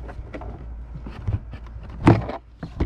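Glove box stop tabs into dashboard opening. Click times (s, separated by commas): 2.1 s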